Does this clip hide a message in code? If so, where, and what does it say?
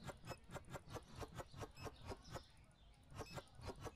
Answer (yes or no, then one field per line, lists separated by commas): no